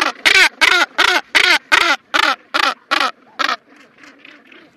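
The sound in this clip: Northern gannet giving loud rasping croaks in quick succession, roughly three a second, followed by softer, fainter calls.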